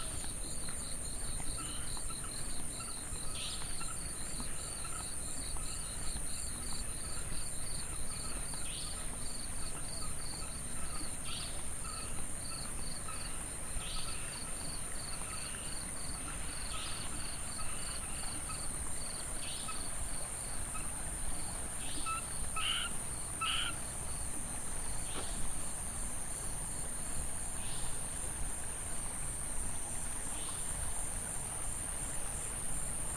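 A riverside walk outside a hotel at night, filled with a constant high, shrill insect drone that never lets up. Faint chirps pulse regularly through the middle range, a few brighter calls come around 24 seconds, and a soft low rumble sits underneath.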